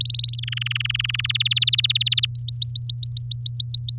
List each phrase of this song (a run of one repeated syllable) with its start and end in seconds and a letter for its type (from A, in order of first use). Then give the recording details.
0.00-0.36 A, 0.38-1.32 B, 1.34-2.25 C, 2.35-3.97 D. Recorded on 7 May 2018 at 16:03. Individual llb16